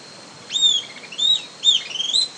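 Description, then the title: Southern antpipit giving a few sharp whistled notes that sweep up and then level off, the last running into a quick stuttering series. "LuckyPassaro Completos2Sama. Southern Antpipit (Corythopis delalandi)"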